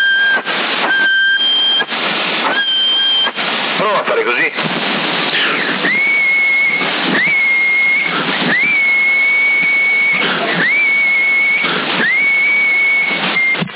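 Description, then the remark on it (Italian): Several long, steady whistle tones sent over a CB radio channel during a signal test in Sassari, January 2023, come through crackly and narrow-band, each cut off by bursts of static hiss, with a brief spoken phrase early on. “Fai tre fischi di...”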